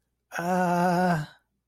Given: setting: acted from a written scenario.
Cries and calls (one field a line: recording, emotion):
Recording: vocal sound without words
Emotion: fear